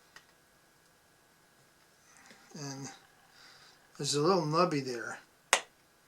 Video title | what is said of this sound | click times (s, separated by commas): Lighting Up The Kato Milwaukee Road Hiawatha N scale Update #41 | hear that it snaps into place | 5.5 s